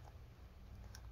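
Handling of the metal latch on the display (eDP) cable connector on a Dell Inspiron 14 5402/5409 laptop motherboard, with quiet low background noise and faint brief ticks near 0.1 s and 1.0 s. The latch has not yet been swung back over the connector, so nothing has seated or clicked yet.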